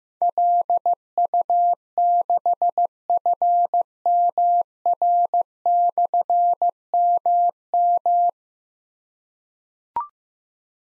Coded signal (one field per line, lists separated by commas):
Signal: Morse code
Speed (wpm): 15 wpm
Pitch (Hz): 700 Hz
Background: none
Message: LU6FMR/MM